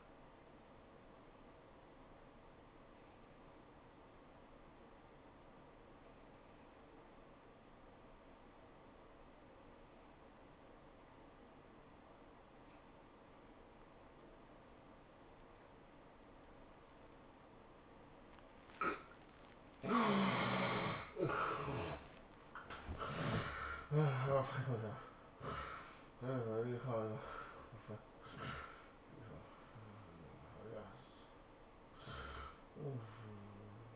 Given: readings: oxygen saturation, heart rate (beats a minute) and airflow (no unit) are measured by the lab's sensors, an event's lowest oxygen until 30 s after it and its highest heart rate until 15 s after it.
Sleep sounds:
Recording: breathing in sleep by a voice recorder at the bedside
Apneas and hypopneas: 1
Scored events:
3.00-19.90 s: obstructive apnea (N1, oxygen 97% highest, then 73% lowest, heart rate 99 at the start, 113 highest)
From the record:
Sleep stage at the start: N1 (lightest sleep)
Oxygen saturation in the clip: 73 to 97%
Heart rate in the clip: 84 to 113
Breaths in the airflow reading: 5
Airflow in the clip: -14.4 to 11.7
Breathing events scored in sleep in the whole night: 403 in 5.5 hours asleep

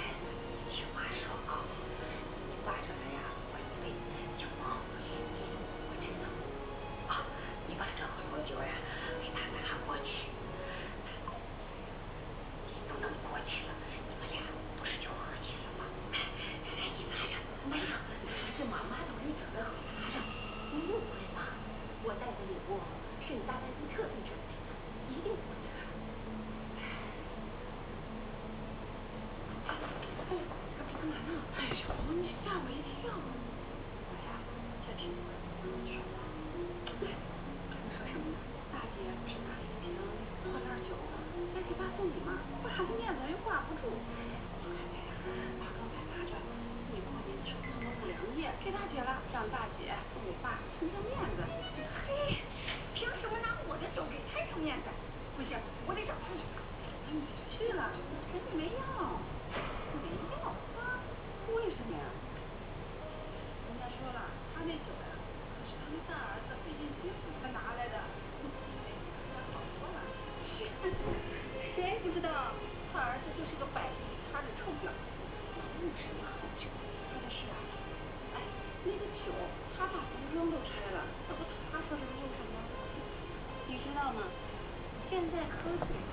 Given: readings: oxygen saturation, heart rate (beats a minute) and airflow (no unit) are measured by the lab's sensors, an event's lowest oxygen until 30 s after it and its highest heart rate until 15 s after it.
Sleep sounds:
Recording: a person awake in a sleep study, by a voice recorder at the bedside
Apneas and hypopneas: none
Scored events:
0.00-86.12 s: awake
From the record:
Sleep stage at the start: awake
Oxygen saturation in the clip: 91 to 93%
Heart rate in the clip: 58 to 72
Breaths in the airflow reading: 30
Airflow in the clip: -5.0 to 6.9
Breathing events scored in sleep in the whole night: 476 in 9.7 hours asleep

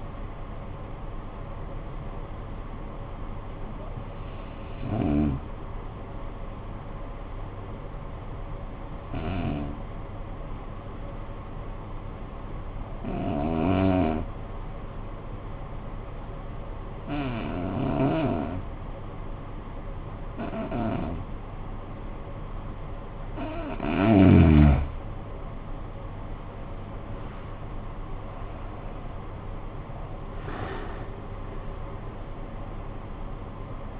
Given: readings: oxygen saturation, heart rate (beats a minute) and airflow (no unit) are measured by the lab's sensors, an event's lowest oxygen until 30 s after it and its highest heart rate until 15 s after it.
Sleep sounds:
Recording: breathing in sleep by a smartphone at the bedside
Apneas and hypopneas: 1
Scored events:
8.00-24.90 s: hypopnea (N2, oxygen 94% highest, then 83% lowest, heart rate 50 at the start, 69 highest)
13.00-34.00 s: new sleep stage, N1 (lightest sleep)
From the record:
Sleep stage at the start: N2 (light sleep)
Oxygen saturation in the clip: 85 to 94%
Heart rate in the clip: 49 to 69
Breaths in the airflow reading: 7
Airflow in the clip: -15.3 to 12.4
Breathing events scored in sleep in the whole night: 445 in 7.6 hours asleep

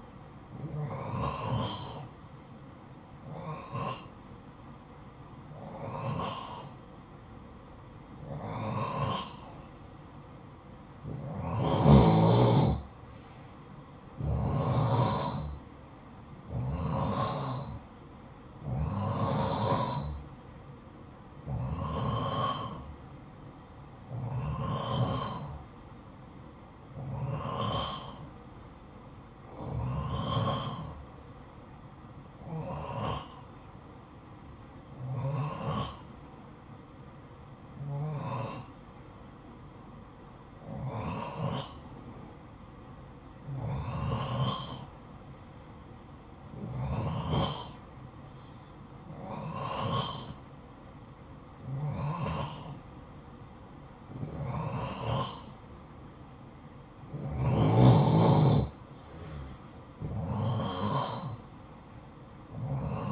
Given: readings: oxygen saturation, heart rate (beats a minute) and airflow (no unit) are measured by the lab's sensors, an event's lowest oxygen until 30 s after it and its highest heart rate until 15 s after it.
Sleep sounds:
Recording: breathing in sleep by a smartphone at the bedside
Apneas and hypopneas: 1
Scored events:
33.00-54.10 s: hypopnea (N2, oxygen 92% highest, then 88% lowest, heart rate 62 at the start, 62 highest)
From the record:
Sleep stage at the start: N2 (light sleep)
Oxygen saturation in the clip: 89 to 92%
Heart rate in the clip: 52 to 62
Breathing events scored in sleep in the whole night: 573 in 9.8 hours asleep

